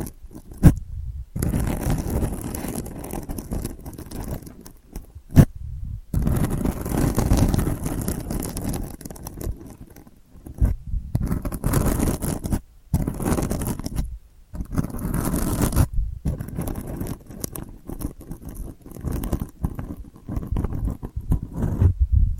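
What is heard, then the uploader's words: Delicate scratching comes in dense, rasping bursts of a few seconds each, mostly low and gritty, separated by brief silences and sharp taps. ASMR Delicate Scratching for Sleep (No Talking).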